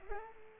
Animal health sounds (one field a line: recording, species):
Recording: mosquito wingbeat signal from an infrared sensor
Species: Culex pipiens